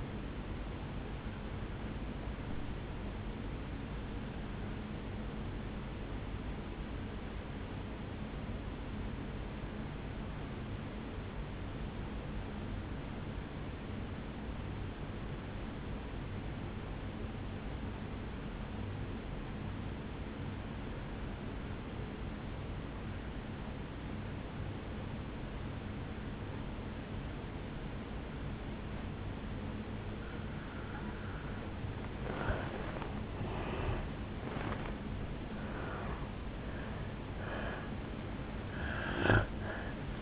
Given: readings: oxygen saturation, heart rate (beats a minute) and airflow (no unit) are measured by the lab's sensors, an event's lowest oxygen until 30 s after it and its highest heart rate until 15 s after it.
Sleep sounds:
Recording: breathing in sleep by a voice recorder at the bedside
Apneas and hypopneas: 1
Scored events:
4.00-32.90 s: obstructive apnea (N2, oxygen 97% highest, then 82% lowest, heart rate 55 at the start, 77 highest)
29.00-40.22 s: new sleep stage, N1 (lightest sleep)
From the record:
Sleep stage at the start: N2 (light sleep)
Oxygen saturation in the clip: 83 to 97%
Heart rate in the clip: 54 to 77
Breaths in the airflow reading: 5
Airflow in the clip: -12.2 to 11.7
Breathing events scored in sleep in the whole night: 449 in 7.0 hours asleep

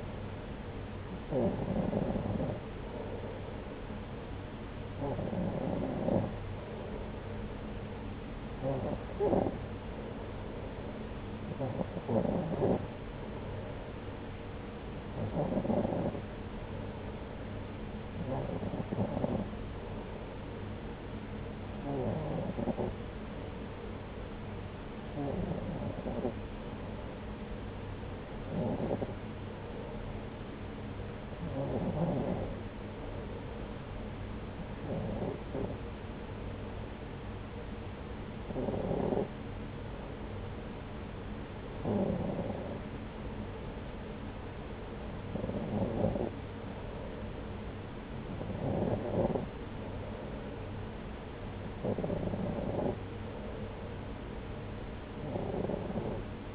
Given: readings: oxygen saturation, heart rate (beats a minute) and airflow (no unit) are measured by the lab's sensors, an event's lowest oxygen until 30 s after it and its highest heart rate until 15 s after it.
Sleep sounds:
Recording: breathing in sleep by a voice recorder at the bedside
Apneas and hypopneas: none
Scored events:
none scored
From the record:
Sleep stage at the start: N2 (light sleep)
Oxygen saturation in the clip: 92 to 94%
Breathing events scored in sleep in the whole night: 303 in 8.1 hours asleep

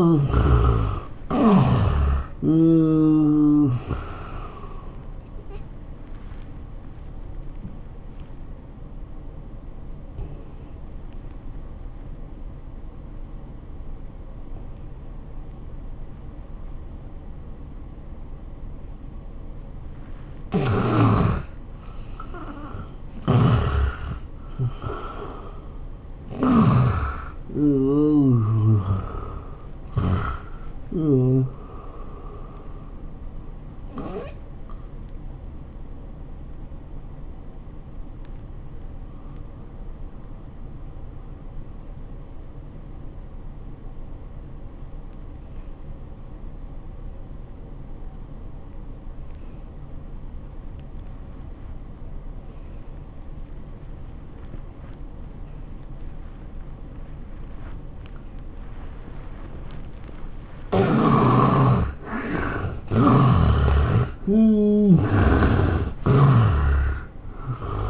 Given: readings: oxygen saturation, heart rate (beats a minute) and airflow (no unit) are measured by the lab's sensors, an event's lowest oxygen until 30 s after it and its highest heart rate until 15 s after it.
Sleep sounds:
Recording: breathing in sleep by a smartphone at the bedside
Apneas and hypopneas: 2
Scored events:
5.00-21.30 s: hypopnea (N1, oxygen 97% highest, then 87% lowest, heart rate 101 at the start, 101 highest)
33.00-60.40 s: hypopnea (N1, oxygen 96% highest, then 75% lowest, heart rate 97 at the start, 99 highest)
From the record:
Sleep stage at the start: N1 (lightest sleep)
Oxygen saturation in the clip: 79 to 97%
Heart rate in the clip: 79 to 101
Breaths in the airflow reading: 12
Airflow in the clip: -17.0 to 11.8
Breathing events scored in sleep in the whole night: 403 in 5.5 hours asleep

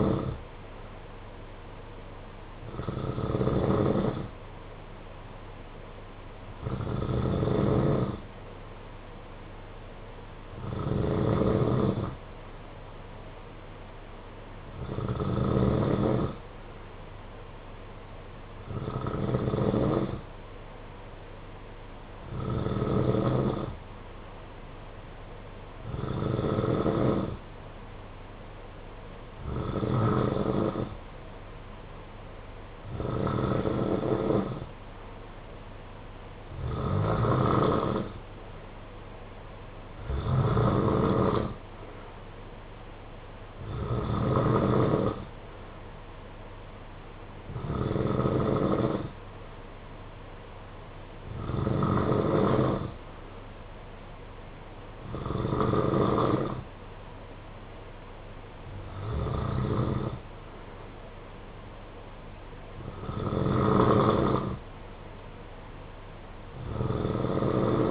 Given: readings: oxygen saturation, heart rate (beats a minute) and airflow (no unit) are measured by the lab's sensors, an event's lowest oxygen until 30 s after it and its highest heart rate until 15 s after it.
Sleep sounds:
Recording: breathing in sleep by a voice recorder at the bedside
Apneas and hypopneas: none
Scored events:
none scored
From the record:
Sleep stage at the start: N2 (light sleep)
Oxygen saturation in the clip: 91 to 93%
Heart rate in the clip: 54 to 59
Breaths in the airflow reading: 18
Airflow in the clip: -9.2 to 4.9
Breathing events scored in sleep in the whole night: 476 in 9.7 hours asleep

